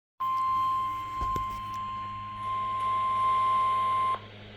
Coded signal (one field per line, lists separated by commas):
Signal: Emergency Alert System (SAME) tones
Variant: 1050 Hz attention tone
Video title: (EAS 98) SEVERE THUNDERSTORM WARNING KEC76